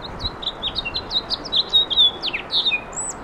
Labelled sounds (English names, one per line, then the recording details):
House Finch song
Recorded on Long Island, New York, on 17 May 2012
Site AB
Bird B